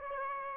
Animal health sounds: mosquito wingbeat signal from an infrared sensor; Aedes aegypti

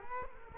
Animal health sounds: mosquito wingbeat signal from an infrared sensor; Culex quinquefasciatus

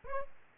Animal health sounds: mosquito wingbeat signal from an infrared sensor; Aedes aegypti

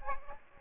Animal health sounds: mosquito wingbeat signal from an infrared sensor; Aedes aegypti

